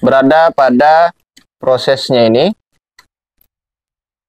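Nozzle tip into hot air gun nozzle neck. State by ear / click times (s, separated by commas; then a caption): seated / 3.0 s. A metal nozzle tip is twisted onto the neck of a Quick 2008 hot air rework gun until its bayonet lock engages. Someone talks until about 2.5 s, then a sharp click at 3.0 s marks the nozzle tip seating and locking into place, followed by a faint tick at 3.4 s.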